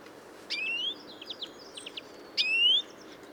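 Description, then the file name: European greenfinch giving two long rising wheezy calls nearly two seconds apart, separated by a few short high chirps. "Chloris chloris"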